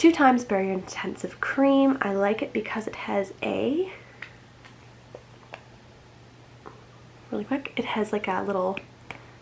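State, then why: Not seated. Someone talks while handling the lid of a plastic moisturizer jar of 2x Barrier Intensive Cream, a lid with a small click mechanism. During a quiet pause, a few brief, sharp handling taps are heard before the talking resumes. The clip ends before the lid goes home, so nothing has clicked shut yet.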